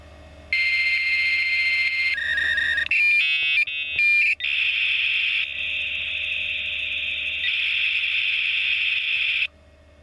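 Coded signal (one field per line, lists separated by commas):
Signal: dial-up modem handshake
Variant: V.34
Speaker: it says carrier 33600 so that's the actual uh dce to dce speed the speed over the telephone line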